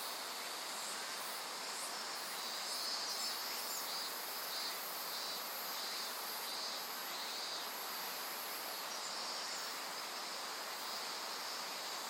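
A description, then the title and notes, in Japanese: A river rushes steadily past a forest, its dense hiss constant, while high insect buzzing and trills layer on top throughout. 信州、川の森の音。今日は信濃川水系、梓川へやってきました。川のそばには木々が生い茂る森があり、いろんな虫たちの声を聴くことができました。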